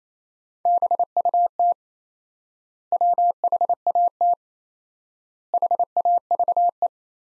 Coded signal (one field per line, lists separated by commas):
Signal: Morse code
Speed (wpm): 28 wpm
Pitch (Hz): 700 Hz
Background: none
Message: BUT WHAT HAVE